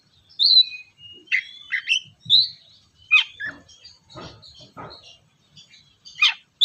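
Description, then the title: Oriental magpie-robin song phrases: clear whistled notes and short slurred chirps separated by gaps, with some faint low clicks and rustles underneath. "kacer"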